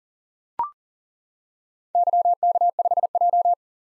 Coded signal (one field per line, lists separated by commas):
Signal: Morse code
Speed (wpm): 38 wpm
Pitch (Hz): 700 Hz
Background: none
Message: YK5J